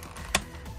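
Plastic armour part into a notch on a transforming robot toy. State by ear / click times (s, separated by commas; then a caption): seated / 0.3 s. A plastic armour part for the FansHobby Orange God Armour (Fireguts GodBomber / GodArmor) transforming robot figure is lined up and pushed into a notch. After a faint tick near 0.0 s, it snaps in with a sharp, bright, satisfying click at 0.4 s against a quiet background. The part is seated.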